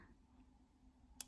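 A plastic dose dial on an insulin injector pen is turned to set the first of two priming units. After a quiet stretch, the dial gives one short, sharp tick at 1.2 s, marking one unit set.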